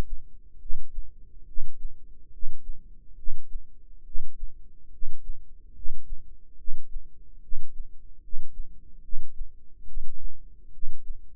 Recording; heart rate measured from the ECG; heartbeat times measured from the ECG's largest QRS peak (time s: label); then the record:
heart sounds by microphone in the right ear; 71 bpm
0.58 s: heartbeat
1.45 s: heartbeat
2.30 s: heartbeat
3.15 s: heartbeat
4.03 s: heartbeat
4.90 s: heartbeat
5.73 s: heartbeat
6.56 s: heartbeat
7.40 s: heartbeat
8.20 s: heartbeat
9.01 s: heartbeat
9.85 s: heartbeat
10.71 s: heartbeat
From the record:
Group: healthy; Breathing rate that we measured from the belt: 20 breaths a minute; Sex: male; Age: 35 years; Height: 180 cm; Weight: 86.9 kg